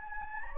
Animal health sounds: mosquito wingbeat signal from an infrared sensor; Anopheles gambiae

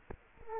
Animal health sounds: mosquito wingbeat signal from an infrared sensor; Culex quinquefasciatus

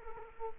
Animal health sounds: mosquito wingbeat signal from an infrared sensor; Culex quinquefasciatus

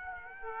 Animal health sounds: mosquito wingbeat signal from an infrared sensor; Aedes aegypti

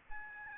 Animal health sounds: mosquito wingbeat signal from an infrared sensor; Aedes albopictus

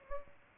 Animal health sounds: mosquito wingbeat signal from an infrared sensor; Aedes aegypti

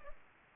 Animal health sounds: mosquito wingbeat signal from an infrared sensor; Aedes aegypti

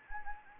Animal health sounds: mosquito wingbeat signal from an infrared sensor; Anopheles gambiae

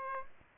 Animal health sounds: mosquito wingbeat signal from an infrared sensor; Aedes aegypti

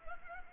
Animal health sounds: mosquito wingbeat signal from an infrared sensor; Culex pipiens

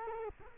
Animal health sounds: mosquito wingbeat signal from an infrared sensor; Culex quinquefasciatus

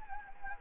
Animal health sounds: mosquito wingbeat signal from an infrared sensor; Anopheles gambiae

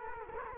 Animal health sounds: mosquito wingbeat signal from an infrared sensor; Culex quinquefasciatus

